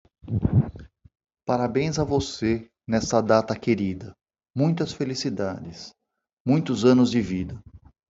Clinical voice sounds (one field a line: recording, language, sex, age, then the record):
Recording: short text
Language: Brazilian Portuguese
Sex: male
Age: 50 to 59 years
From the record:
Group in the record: control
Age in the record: 55 years